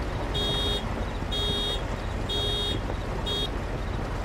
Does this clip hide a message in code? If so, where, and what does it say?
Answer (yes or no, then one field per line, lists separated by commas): no